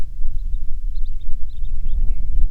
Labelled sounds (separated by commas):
bird, wind